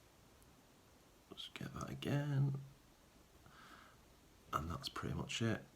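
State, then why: Not seated. The small brush holder clip of a Tamiya Dynatech 01R RC motor is handled and pushed toward the motor's end bell. Someone talks over faint handling noises. Nothing has seated or clicked yet.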